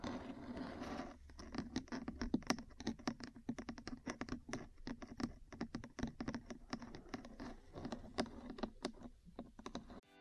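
Metal parts tap and scratch in a quick, uneven stream of sharp clicks that runs from about one second to the end. The hits come densely, several per second, over a low steady hum and a scraping rasp in the opening second.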